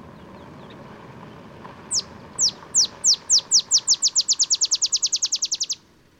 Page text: Olive sparrow. Recording early morning just 50 miles north of the Mexican border in Texas